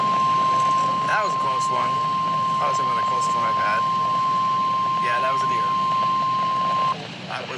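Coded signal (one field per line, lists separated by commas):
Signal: Emergency Alert System (SAME) tones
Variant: 1050 Hz attention tone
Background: speech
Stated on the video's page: Weather radio EAS alerts for a slight risk threat, compiled.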